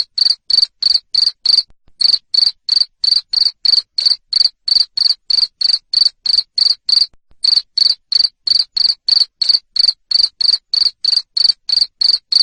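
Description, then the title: Cricket chirping steadily, each shrill pulse evenly spaced about three per second, interrupted by two short breaks. Loud cricket chirping (jangkrik ngerik) played to stimulate lovebirds to sing continuously (ngekek). "Suara JANGKRIK NGERIK Keras Bikin LOVEBIRD Jadi NGEKEK Terus Vubey"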